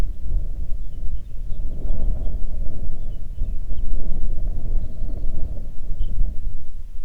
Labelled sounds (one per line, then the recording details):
songbird
wind
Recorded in the Arctic National Wildlife Refuge, Alaska, on 3 June 2019 at 04:53
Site 37